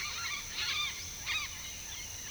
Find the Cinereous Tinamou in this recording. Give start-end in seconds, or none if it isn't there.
none